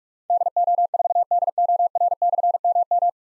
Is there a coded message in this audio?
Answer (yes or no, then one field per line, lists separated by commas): yes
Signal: Morse code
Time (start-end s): 0.3-3.1 s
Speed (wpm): 44 wpm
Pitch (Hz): 700 Hz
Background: none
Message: DO4DOR/MM